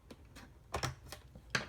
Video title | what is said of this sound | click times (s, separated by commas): Laptop Screen Replacement - HP Envy 15 | I hear that clicking noise. That is, it's starting to come off. | 0.7 s, 0.8 s, 1.5 s